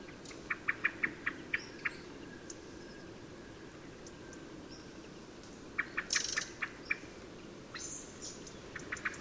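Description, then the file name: Common blackbird calling in short bursts of dry, clicking chips separated by quiet pauses, with faint higher notes and steady background hiss. "Turdus merula"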